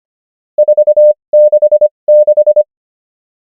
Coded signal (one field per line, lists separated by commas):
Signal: Morse code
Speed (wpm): 25 wpm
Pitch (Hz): 600 Hz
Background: none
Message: 4 6 6